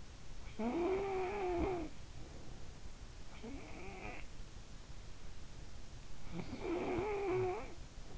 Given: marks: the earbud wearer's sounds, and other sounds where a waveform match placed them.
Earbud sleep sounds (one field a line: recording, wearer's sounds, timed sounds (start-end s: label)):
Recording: sounds in sleep by an in-ear microphone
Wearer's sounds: snoring breath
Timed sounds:
0.15-2.64 s: snoring breath
3.29-4.52 s: snoring breath
5.67-8.18 s: snoring breath